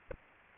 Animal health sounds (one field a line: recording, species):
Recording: mosquito wingbeat signal from an infrared sensor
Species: Aedes aegypti